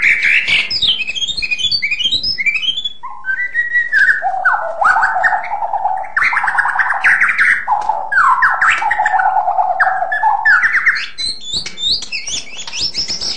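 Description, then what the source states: White-rumped shama pouring out a continuous varied song: high chirps, then mellow whistled phrases rising and falling, ending in quick high notes. Long song.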